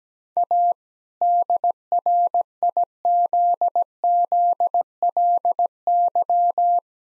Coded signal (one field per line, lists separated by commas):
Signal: Morse code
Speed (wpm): 17 wpm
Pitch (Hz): 700 Hz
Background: none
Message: A DRIZZLY